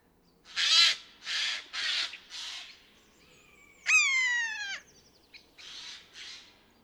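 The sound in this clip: Eurasian jay screeching in four harsh, noisy bursts, then a drawn-out descending call, followed by two more rasping screeches.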